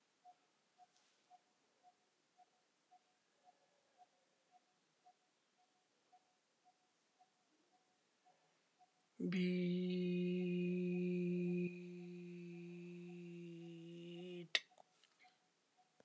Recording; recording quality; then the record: sustained vowel as in beet; excellent, no background noise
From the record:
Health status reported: healthy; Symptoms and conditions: diabetes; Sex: male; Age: 42 years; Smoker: not ticked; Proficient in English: yes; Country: India